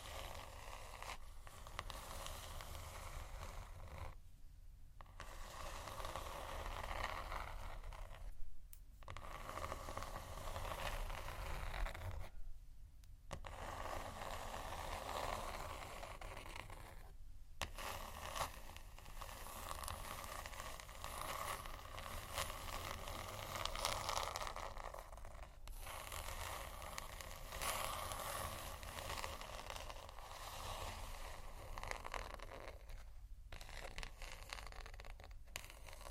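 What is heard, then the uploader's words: Slow, soft scratching continues almost without a break, a dense rasping texture at a steady level. Brief pauses cut in every four to eight seconds, around 4, 8, 13, 17, 25 and 33 seconds. A low rumble runs underneath throughout. Slow, Deep & Soft Scratching (No Talking).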